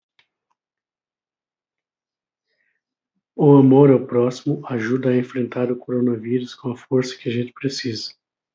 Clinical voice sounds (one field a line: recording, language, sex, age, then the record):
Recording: spoken sentence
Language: Brazilian Portuguese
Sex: male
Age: 50 to 59 years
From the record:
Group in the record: control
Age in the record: 50 years